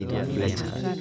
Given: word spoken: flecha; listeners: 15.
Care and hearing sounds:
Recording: one Spanish word in noise, from a listening test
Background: eight-talker babble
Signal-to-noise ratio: -3.5 dB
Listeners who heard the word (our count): 3 of 15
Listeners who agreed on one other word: 8 of 15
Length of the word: 0.61 s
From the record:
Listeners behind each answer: 8, 3, 1, 1, 1, 1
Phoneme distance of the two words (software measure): 7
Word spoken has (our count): 2 syllables, 5 phonemes, stress on syllable 1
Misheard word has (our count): 2 syllables, 6 phonemes, stress on syllable 1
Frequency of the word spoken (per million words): 7.08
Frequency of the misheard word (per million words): 5.31

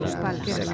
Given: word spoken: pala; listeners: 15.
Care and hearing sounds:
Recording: one Spanish word in noise, from a listening test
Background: eight-talker babble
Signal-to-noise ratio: -2.7 dB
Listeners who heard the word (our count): 2 of 15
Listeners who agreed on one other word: 6 of 15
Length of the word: 0.34 s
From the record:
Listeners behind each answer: 6, 3, 2, 2, 1, 1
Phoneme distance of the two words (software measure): 21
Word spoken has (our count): 2 syllables, 4 phonemes, stress on syllable 1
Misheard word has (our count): 3 syllables, 7 phonemes, stress on syllable 2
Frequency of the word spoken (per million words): 3.00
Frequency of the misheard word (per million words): 51.84

